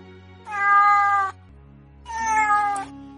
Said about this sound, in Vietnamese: Mèo cát vốn thành thật nằm trên đùi Hà Ninh cũng kêu lên mèo mèo.